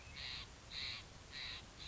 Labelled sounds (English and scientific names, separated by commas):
Steller's Jay (Cyanocitta stelleri)